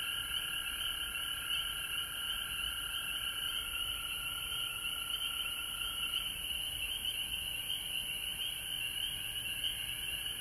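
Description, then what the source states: Frogs calling together in an unbroken high trilling chorus; a lower whining tone drops out partway, leaving the shrill wash alone. Recorded at home in Georgia on March 19, 2020.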